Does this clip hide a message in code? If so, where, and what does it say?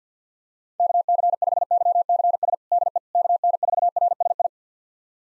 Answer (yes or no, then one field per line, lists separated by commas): yes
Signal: Morse code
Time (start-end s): 0.8-4.5 s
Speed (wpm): 50 wpm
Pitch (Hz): 700 Hz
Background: none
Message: KC5YCS DE KN4RSI